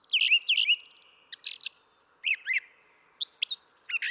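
Brown thrasher delivering a fast buzzy series, then paired slurred whistles and sharp notes in distinct short phrases.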